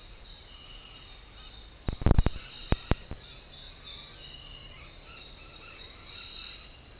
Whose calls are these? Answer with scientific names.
Orthopsittaca manilatus